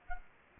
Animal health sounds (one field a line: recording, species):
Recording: mosquito wingbeat signal from an infrared sensor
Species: Culex quinquefasciatus